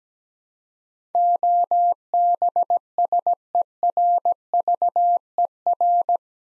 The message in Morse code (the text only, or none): OBSERVER